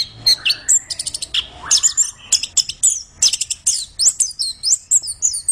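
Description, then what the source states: Orange-headed thrush in full song: rapid clicking notes, rising whistles and warbled high phrases, tumbling on without a break. Described as singing vigorously ('gacor').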